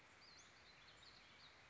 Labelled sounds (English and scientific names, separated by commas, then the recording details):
Western Flycatcher (Empidonax difficilis)
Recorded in Sonoma County, California